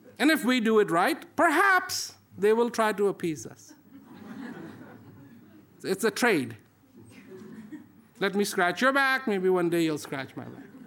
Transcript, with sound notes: And if we do it right, perhaps they will try to appease us. It's a trade, (embarrassed laughter) let me scratch your back, maybe one day you'll scratch my back.